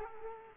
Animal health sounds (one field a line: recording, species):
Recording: mosquito wingbeat signal from an infrared sensor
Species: Culex quinquefasciatus